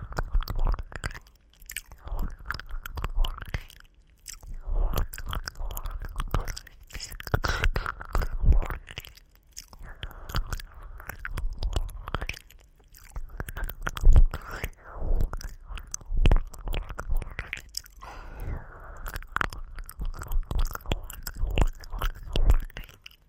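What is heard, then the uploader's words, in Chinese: Rapid sucking and slurping mouth sounds continue for the whole clip, thick with wet clicks and smacks. They come in dense bursts of one to two seconds separated by short pauses, and a few sharper pops stand out around 14 and 16 seconds. ASMR×黑3DIO | 激速吸允啜取耳膜 | 激しい耳舐め | Ear Licking | NO Talking。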